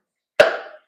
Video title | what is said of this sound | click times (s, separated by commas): Watch As I Save The Cucumber &Celery Tower~ Full Day In The Grow Room #towergarden #verticalfarming | hear the pop. | 0.4 s